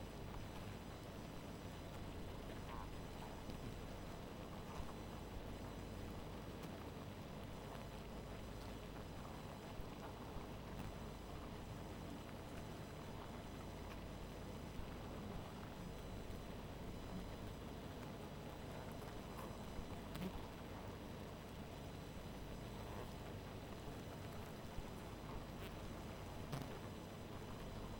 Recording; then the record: honeybee colony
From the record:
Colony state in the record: missing queen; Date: 14 July 2017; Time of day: 0:46